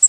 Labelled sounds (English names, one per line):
Cape May Warbler flight call